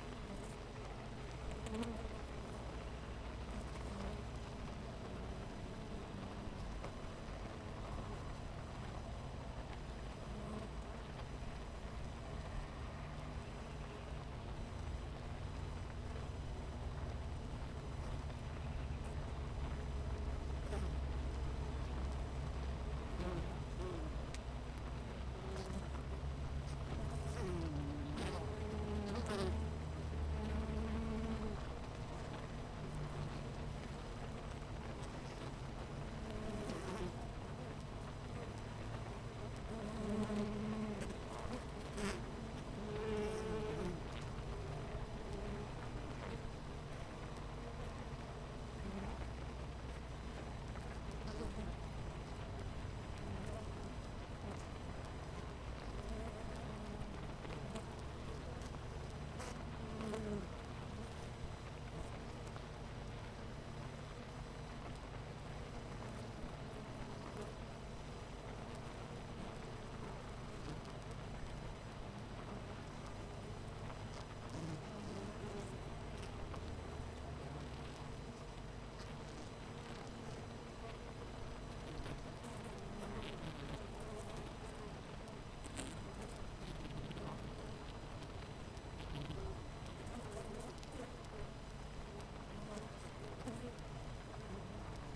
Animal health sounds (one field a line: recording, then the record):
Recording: honeybee colony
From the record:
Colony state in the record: missing queen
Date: 14 July 2017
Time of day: 8:51